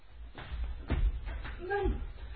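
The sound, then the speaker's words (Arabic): A door is opened for someone outside: a few dull knocks and clunks of the latch and handle, followed by a brief, wavering creak of the hinges, all at moderate loudness over low background rumble. “يجب أن أفتح الباب.”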